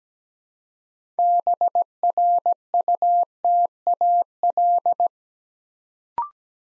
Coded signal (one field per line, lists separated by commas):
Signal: Morse code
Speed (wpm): 17 wpm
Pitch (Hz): 700 Hz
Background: none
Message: BRUTAL